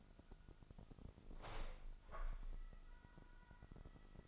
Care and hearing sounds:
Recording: daily activity, microphone in the room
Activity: open window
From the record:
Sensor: 5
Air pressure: 1004.8 hPa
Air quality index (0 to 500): 80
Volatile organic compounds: 1 ppm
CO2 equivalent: 959 ppm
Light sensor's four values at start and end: 33/78/31/30 and 33/78/31/30

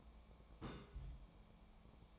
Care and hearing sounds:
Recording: daily activity, microphone in the room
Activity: place on stove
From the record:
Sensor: 1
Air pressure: 1000.0 hPa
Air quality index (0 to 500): 134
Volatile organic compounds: 2 ppm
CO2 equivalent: 1274 ppm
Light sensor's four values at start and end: 35/87/37/45 and 35/87/37/45

